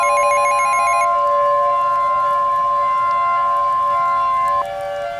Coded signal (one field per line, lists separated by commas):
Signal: Emergency Alert System (SAME) tones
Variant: 1050 Hz attention tone